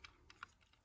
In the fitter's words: You can hear it snap into place. So, I felt it.